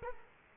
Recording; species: mosquito wingbeat signal from an infrared sensor; Culex quinquefasciatus